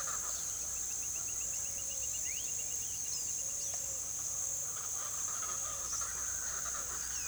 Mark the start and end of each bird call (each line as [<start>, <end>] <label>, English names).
[0.00, 0.73] Speckled Chachalaca
[4.48, 7.28] Speckled Chachalaca